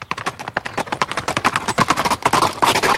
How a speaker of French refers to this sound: le jeune homme chercha les flancs de sa monture et les deux chevaux partirent d'un train assez vif.